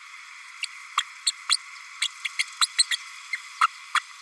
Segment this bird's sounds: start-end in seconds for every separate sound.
0.62-0.66, 0.97-1.02, 1.26-1.31, 1.49-1.57, 2.01-2.08, 2.24-2.28, 2.39-2.43, 2.61-2.67, 2.78-2.84, 2.91-2.96, 3.33-3.37, 3.61-3.67, 3.94-3.99